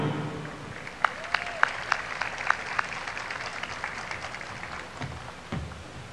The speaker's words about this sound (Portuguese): Vamos aplaudir.